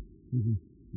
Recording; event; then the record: neck accelerometer signal played as sound; no cough (speech, laughter, throat clearing or background)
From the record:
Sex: male